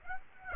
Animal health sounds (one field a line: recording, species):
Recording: mosquito wingbeat signal from an infrared sensor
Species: Aedes aegypti